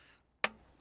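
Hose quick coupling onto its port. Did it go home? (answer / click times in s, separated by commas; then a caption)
yes / 0.4 s. A hose quick-connect coupling at the bottom, pushed back onto its port during spark plug replacement on a BMW i3 REx, snaps on with a single loud, sharp click at 0.4 s. The broadband click rises sharply over a quiet background and decays within about a tenth of a second, confirming the coupling is seated.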